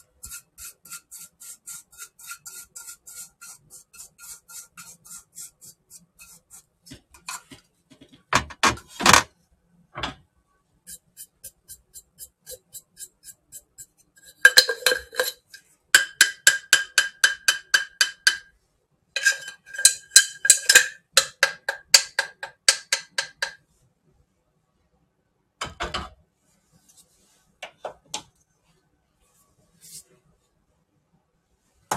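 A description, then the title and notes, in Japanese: Tidying up around a kitchen: faint regular clicking at first, then bursts of rapid bright clinking and clattering from eight seconds, separated by brief pauses. キッチン周りのお片付け。Sujataはお話はいたしません。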